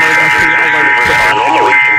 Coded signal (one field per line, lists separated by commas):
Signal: Emergency Alert System (SAME) tones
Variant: end-of-message bursts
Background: speech